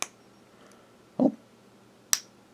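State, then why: Seated. A plastic transmission part from a model car kit is pushed into its plastic transmission housing. A short tick sounds at the start and a duller low knock around 1.2 s. Then a sharp, bright snap at 2.1 s marks the part seating nice and snug in place.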